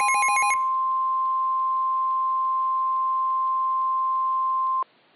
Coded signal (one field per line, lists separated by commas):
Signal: Emergency Alert System (SAME) tones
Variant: 1050 Hz attention tone